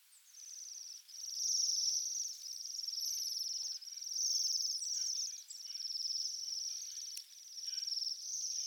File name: Bohemian waxwing